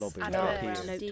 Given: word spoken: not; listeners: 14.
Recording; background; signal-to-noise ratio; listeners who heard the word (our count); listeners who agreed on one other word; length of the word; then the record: one English word in noise, from a listening test; four-talker babble; -1.8 dB; 0 of 14; 6 of 14; 0.72 s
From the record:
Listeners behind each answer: 6, 3, 1, 1, 1, 1, 1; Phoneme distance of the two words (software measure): 34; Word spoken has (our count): 1 syllable, 3 phonemes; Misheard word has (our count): 2 syllables, 5 phonemes, stress on syllable 2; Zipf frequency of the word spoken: 6.72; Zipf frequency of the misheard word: 4.40